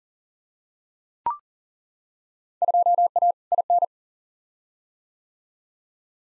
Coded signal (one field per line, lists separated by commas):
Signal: Morse code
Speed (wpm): 40 wpm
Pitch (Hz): 700 Hz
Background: none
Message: 2A IN